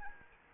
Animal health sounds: mosquito wingbeat signal from an infrared sensor; Anopheles arabiensis

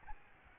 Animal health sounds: mosquito wingbeat signal from an infrared sensor; Aedes albopictus

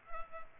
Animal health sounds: mosquito wingbeat signal from an infrared sensor; Culex pipiens

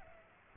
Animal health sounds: mosquito wingbeat signal from an infrared sensor; Aedes aegypti

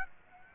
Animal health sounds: mosquito wingbeat signal from an infrared sensor; Aedes aegypti

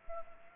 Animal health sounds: mosquito wingbeat signal from an infrared sensor; Anopheles arabiensis

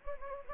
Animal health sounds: mosquito wingbeat signal from an infrared sensor; Anopheles gambiae

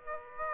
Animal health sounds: mosquito wingbeat signal from an infrared sensor; Aedes aegypti

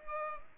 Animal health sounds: mosquito wingbeat signal from an infrared sensor; Culex pipiens

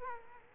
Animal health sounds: mosquito wingbeat signal from an infrared sensor; Culex quinquefasciatus

